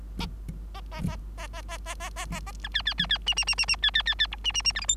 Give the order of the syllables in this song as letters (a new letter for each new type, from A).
A A A A A A A A A A A B C C C C D D D D D C C C C E D D D F G H